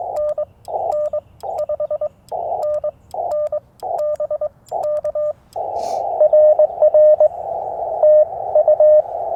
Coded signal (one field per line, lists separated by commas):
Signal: Morse code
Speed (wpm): 22 wpm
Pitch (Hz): 600 Hz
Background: radio noise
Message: NN 5NN BK RR TU